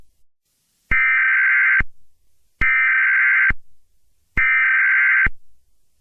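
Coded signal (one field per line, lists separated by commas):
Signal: Emergency Alert System (SAME) tones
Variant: header bursts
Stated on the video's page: Fictional EAS scenario about World War 3.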